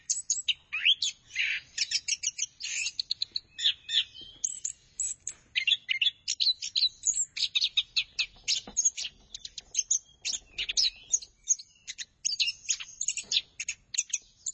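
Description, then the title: Thrush in sustained, fast song: a long, dense series of sharp, high chips and twittering phrases repeated steadily over about fifteen seconds. "burung anis x"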